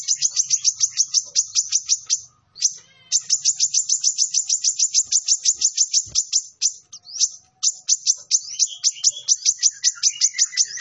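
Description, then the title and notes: Sunbird song: long, fast trills of very high, sharp ticking notes, briefly broken, then resuming with varied slurred notes mixed in. Vigorously singing Kolibri Ninja, used as a tutor for training other birds, full of fill-in phrases and 'tembakan' bursts, meant as a lure. "MASTERAN KOLIBRI NINJA TERBAIK FULL ISIAN DAN TEMBAKAN MEWAH COCOK BUAT PANCINGAN. Suara Burung Kolibri Ninja Gacor"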